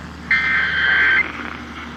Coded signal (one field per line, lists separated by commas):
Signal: Emergency Alert System (SAME) tones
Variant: header bursts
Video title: TIME FOR SOME LATE NIGHT STORMS! Broadcast Radio EAS: Flash Flood Warning (EAS #424)